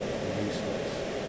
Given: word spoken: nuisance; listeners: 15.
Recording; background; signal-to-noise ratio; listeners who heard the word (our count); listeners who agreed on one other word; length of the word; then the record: one English word in noise, from a listening test; speech-shaped noise; -6.5 dB; 0 of 15; 10 of 15; 0.88 s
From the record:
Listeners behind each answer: 10, 4, 1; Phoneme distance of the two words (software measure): 21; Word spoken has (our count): 2 syllables, 7 phonemes, stress on syllable 1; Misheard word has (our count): 2 syllables, 6 phonemes, stress on syllable 1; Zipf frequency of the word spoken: 3.70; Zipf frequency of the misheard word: 4.10